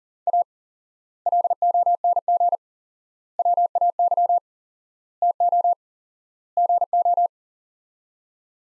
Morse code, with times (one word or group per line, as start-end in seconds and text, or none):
0.3-0.4 A
1.3-2.6 LONG
3.4-4.4 WAY
5.2-5.7 TO
6.6-7.3 GO